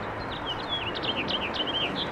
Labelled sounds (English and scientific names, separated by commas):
House Finch (Haemorhous mexicanus) song